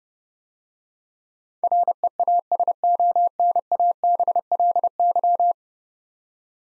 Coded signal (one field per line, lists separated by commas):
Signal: Morse code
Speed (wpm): 30 wpm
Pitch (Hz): 700 Hz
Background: none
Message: REASONABLY